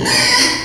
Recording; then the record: squeal of a Yucatan mini pig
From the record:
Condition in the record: before surgery on the right vocal fold (resection and tissue-engineered implant); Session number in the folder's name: 2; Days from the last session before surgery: 0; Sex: male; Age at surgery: 12 weeks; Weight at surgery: 13 kg